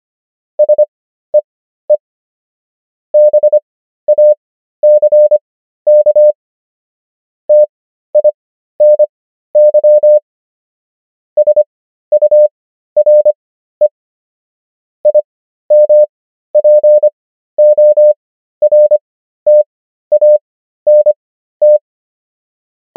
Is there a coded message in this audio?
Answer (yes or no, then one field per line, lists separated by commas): yes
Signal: Morse code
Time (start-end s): 0.6-21.8 s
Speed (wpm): 25 wpm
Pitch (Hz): 600 Hz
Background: none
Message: SEE BACK TINY SURE IMPORTANT